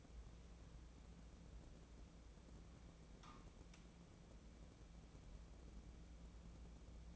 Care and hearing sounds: daily activity, microphone in the room; wipe stove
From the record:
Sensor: 1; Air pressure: 1012.4 hPa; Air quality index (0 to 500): 145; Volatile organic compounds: 2 ppm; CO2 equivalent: 1191 ppm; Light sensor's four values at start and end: 2942/5775/2900/3041 and 2800/5505/2762/2905

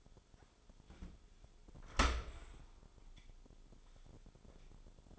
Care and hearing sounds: daily activity, microphone in the room; open dishwasher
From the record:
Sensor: 5

